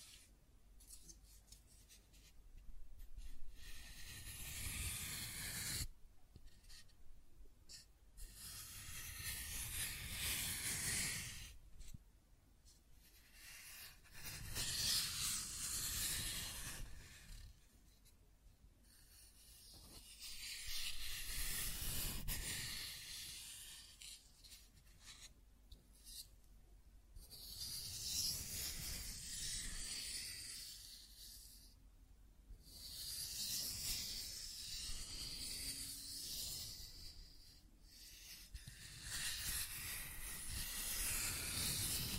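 Scratching and tracing sounds come in hissy, gritty strokes, each lasting a second or two and separated by short pauses. The strokes swell and fade unevenly throughout, some longer and smoother like dragging, others quick and rough, with no other sounds behind them.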